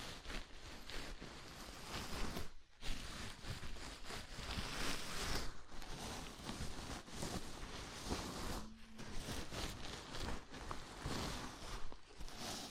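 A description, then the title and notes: Scalp massage with dense, steady scratchy rustling from fingers moving through hair, broken by brief pauses near three, six and nine seconds. ASMR Sleepy Scalp Massage (No Talking).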